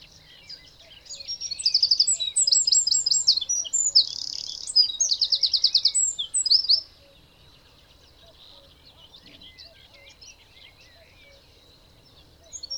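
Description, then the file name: Eurasian wren song, a loud rapid run of high trills and sharp twittering notes lasting several seconds, then quiet with faint high chirps in the background. "Troglodytes troglodytes"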